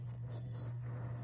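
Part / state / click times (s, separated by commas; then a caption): monitor video cable plug into graphics card output port / seated / 0.3 s. A monitor video cable plug is moved to another output port on a graphics card and pushed in until it latches with a sharp, high-pitched click at 0.3 s. The click shows that the cord is inserted all the way and seated. A steady low hum runs underneath throughout.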